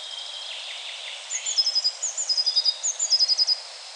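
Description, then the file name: Eurasian blue tit: three quick groups of high, thin notes, each run dropping slightly in pitch. "Cyanistes caeruleus"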